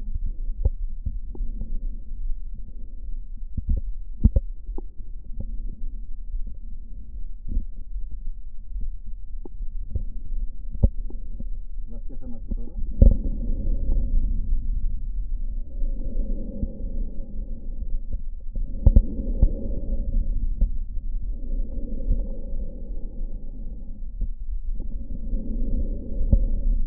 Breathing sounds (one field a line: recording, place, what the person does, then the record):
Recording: lung sounds by stethoscope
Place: right posterior apical chest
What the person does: quiet breathing, then deep breathing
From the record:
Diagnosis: pulmonary infection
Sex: male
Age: 86 years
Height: 165 cm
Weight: 65 kg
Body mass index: 23.9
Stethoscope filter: diaphragm mode